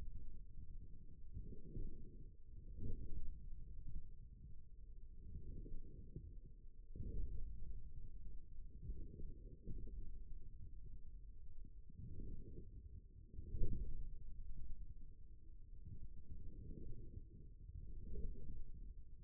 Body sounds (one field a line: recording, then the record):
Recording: forearm muscle sounds (acoustic myography)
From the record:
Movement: forearm supination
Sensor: system 1, eight BSWA MPA416 microphones around the upper forearm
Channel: 2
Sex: male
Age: 41 years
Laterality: right